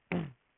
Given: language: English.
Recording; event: throat vibration sensor signal played as sound; throat clearing